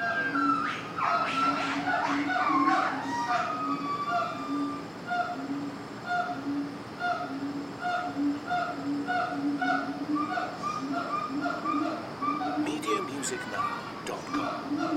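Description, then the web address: Monkey calls, a burst of loud overlapping cries and wails, then steady low hoots repeating with higher tonal notes above. Monkeys in a cage at a zoo. "sound-effects-bible Zoo Monkey Cage"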